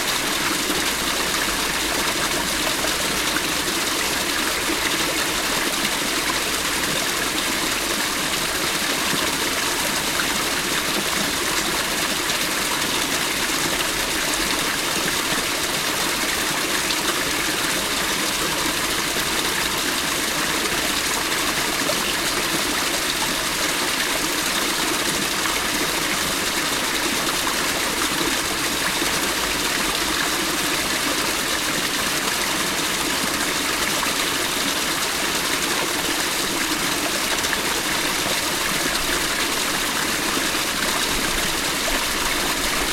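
Water pours down a waterfall in a steady, dense roar that holds at the same level for the whole stretch. The sound is full, rich in hissing spray up high with a softer rumble underneath, and no other sounds break through.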